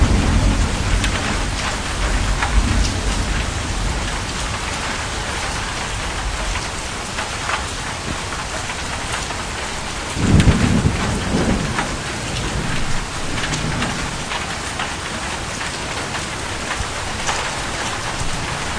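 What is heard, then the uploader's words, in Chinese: A downpour of heavy rain hisses steadily, dense and bright, with countless drops pattering on hard surfaces. A deeper rumble swells briefly around the ten-second mark and again near thirteen seconds, like thunder beneath the constant roar. 高清版 倾盆大雨实录。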